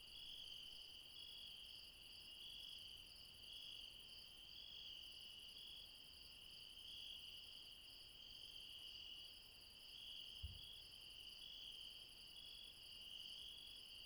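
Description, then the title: Insects in a constant shrill chorus, overlapping high trills with slight pulsing, one short low knock in the later part. Insects late at night in the mountains at Refuge Krevatia, Barbala, Dion, Greece. "Refuge Krevatia, Μπαρμπαλά, Dion 601 00, Greece - Late night mountain insects"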